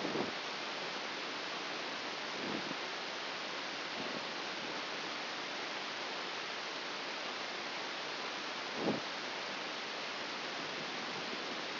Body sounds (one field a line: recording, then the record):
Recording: brain microelectrode recording played as sound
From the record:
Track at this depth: outside the subthalamic nucleus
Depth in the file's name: 5.898 mm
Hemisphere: left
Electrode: 2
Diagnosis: Parkinson's disease